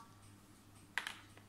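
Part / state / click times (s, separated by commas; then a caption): scraper attachment onto stand mixer pin / seated / 1.0 s. A second scraper attachment is pressed onto the other metal pin of a Milux MFM-3615 Thritop stand mixer and clicks into place with a sharp snap at 1.0 s. A softer tick follows at 1.1 s and a faint one at 1.4 s, over a low steady hum. The scraper is seated.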